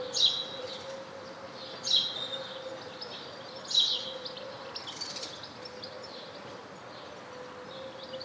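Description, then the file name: House sparrow chirps, short bright notes repeated irregularly about every two seconds, over a steady low hum and faint background noise. "Passer domesticus"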